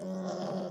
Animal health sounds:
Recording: pig call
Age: piglet (1 to 25 days)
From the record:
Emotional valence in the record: negative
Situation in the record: long isolation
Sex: female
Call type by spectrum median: low-frequency call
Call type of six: low-frequency stable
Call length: 0.71 s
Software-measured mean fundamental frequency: 93 Hz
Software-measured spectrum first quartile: 222 Hz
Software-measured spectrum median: 445 Hz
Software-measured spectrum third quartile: 733 Hz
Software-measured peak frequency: 574 Hz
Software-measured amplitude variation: 78 dB a second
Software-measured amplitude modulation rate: 31.7 a second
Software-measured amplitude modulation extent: 2.5 dB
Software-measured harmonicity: 6.0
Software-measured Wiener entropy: -0.28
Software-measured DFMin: 1531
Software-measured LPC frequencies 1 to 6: 569, 3302, 5230, 5997, 6934, 8626 Hz

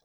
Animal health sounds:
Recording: pig call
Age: piglet (1 to 25 days)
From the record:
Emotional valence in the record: positive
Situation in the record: short reunion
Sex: female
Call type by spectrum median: high-frequency call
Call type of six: low-frequency tonal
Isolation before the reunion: 3 minutes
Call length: 0.05 s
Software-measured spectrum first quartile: 569 Hz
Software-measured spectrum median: 2492 Hz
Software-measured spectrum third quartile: 6521 Hz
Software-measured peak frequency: 471 Hz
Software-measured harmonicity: 3.1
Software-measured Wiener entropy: -1.94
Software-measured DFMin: 951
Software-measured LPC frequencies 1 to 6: 634, 1647, 3422, 4057, 5075, 5716 Hz

